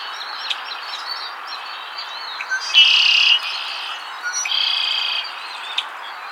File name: Agelaius phoeniceus - Red-winged Blackbird